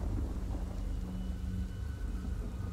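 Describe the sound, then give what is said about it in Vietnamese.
Heavy rain pours down over a small rural district in southern Vietnam's western region in a dense, steady hiss, with a deep rumble of thunder rolling low underneath. The wash of sound stays loud and unbroken throughout, with no voices. “Trời vẫn cứ tiếp tục đổ những cơn mưa như trút nước xuống cái huyện nhỏ này”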